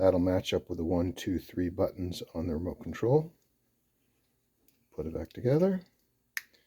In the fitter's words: should snap into place bingo